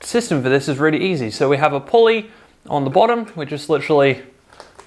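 A 3D-printed pulley is being handled at the bottom of a launcher's wheel connector while someone talks through most of the clip. A few faint, brief sounds appear near the end, but nothing has seated or clicked yet.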